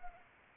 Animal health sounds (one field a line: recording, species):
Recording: mosquito wingbeat signal from an infrared sensor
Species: Anopheles arabiensis